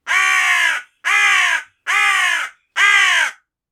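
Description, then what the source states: Hooded crow giving four loud, harsh, hoarse caws, each about two-thirds of a second long, evenly spaced with short silent gaps between them. Panic cawing.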